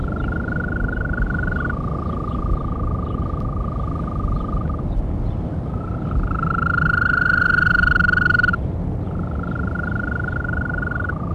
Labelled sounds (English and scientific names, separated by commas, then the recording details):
Green Toad (Bufo viridis) call
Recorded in the wild
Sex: male
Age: adult
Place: Berlin, OT Blankenfelde, Berlin, DE
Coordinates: 52.6167, 13.3833
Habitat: pond
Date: 1964-05-18 19:00
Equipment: Minifon, Kopie Smaragd
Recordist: Tembrock, Günter
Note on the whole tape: Auf einem Kunstteich bei Blankenfelde